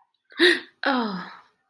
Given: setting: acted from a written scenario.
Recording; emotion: vocal sound without words; negative surprise